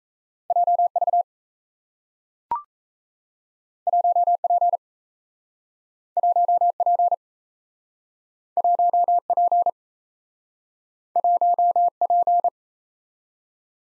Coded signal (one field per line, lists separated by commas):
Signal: Morse code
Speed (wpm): 38 wpm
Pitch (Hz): 700 Hz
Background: none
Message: JV 1P 1P 1P 1P